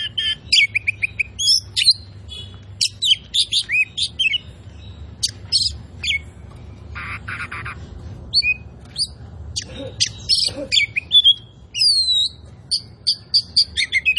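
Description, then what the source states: Oriental magpie-robin song mixing sweeping whistles, scratchy chatter and harsh rasps, with rapid bursts of sharp notes near the end. Kacer poci; gacor, singing vigorously and constantly.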